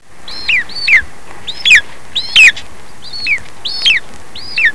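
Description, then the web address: Bird calls: quick irregular sequence of slurred, down-sweeping chirps, some paired, with a steady background hiss throughout. "特酷声音素材库 动物 鸟 Bird"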